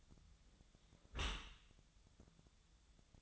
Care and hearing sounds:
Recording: daily activity, microphone in the room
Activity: close dishwasher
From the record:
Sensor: 3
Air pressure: 1004.7 hPa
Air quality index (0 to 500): 94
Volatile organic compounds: 3 ppm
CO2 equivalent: 1462 ppm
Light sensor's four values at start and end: 8/18/7/7 and 7/18/7/7

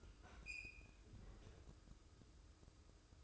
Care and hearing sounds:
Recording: daily activity, microphone in the room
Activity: open fridge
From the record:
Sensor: 2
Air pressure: 995.0 hPa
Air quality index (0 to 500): 66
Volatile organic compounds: 2 ppm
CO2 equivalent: 1126 ppm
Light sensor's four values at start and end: 18/57/22/22 and 18/57/22/22

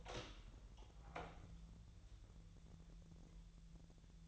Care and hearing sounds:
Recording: daily activity, microphone in the room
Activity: open door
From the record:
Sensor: 3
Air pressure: 1001.2 hPa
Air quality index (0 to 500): 249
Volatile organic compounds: 173 ppm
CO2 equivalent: 4118 ppm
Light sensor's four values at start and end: 12/29/12/12 and 13/30/12/12

